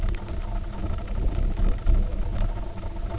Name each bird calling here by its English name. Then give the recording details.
none. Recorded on Arctic tundra, site UTQI-0, on 19 June 2018. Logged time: 02:00